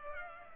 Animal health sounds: mosquito wingbeat signal from an infrared sensor; Culex pipiens

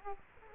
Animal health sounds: mosquito wingbeat signal from an infrared sensor; Culex quinquefasciatus

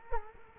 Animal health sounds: mosquito wingbeat signal from an infrared sensor; Culex quinquefasciatus

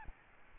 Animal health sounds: mosquito wingbeat signal from an infrared sensor; Aedes albopictus

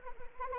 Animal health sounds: mosquito wingbeat signal from an infrared sensor; Anopheles arabiensis

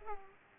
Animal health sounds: mosquito wingbeat signal from an infrared sensor; Culex pipiens

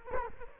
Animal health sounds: mosquito wingbeat signal from an infrared sensor; Culex quinquefasciatus

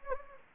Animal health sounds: mosquito wingbeat signal from an infrared sensor; Anopheles gambiae

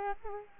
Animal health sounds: mosquito wingbeat signal from an infrared sensor; Culex quinquefasciatus

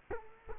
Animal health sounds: mosquito wingbeat signal from an infrared sensor; Culex quinquefasciatus

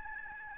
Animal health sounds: mosquito wingbeat signal from an infrared sensor; Aedes albopictus

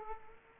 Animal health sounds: mosquito wingbeat signal from an infrared sensor; Aedes aegypti

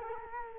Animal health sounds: mosquito wingbeat signal from an infrared sensor; Culex quinquefasciatus

